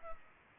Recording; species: mosquito wingbeat signal from an infrared sensor; Culex pipiens